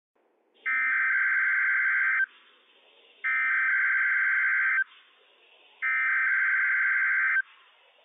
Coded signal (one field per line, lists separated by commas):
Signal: Emergency Alert System (SAME) tones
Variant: header bursts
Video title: NWS Pendleton RWT - WWF56 - EAS #124 - 10:09 AM PDT 6/30/21